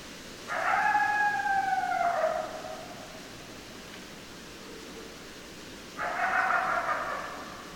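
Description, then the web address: Coyote howling: a long, wavering call that slides slightly downward, then a pause and a second call, over a soft hissing background. Recorded 10 December 2012; more than one coyote. "sounds mammals Coyote 2012 12 10 Coyotes"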